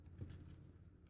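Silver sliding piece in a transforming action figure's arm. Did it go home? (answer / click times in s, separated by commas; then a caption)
no / none. Two silver sliding pieces on the arm of an MP-26 Road Rage Takara Transformers Masterpiece action figure are handled as they are pushed sideways toward position. A steady low rumble is heard, with soft handling scrapes around 0.2–0.3 s and a faint brief rustle near 1.1 s. Nothing has seated or clicked into place yet.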